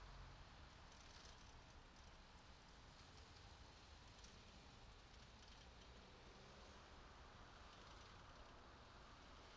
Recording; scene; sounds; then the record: everyday scene through a hearing-aid microphone; in traffic; traffic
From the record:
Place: city secondary road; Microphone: in the ear canal, right